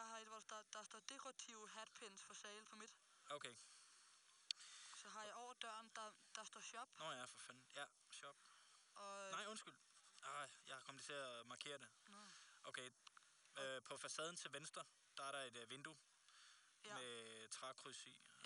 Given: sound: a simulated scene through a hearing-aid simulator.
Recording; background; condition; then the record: conversation; quiet; 75 dB SPL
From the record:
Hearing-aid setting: I (fast-acting compression, audibility-based gain); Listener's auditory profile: A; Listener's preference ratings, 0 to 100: 78, 74, 58